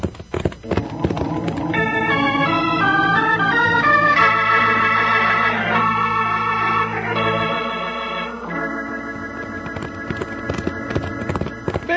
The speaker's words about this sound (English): And stretch out that horse of yours. We got some riding to do.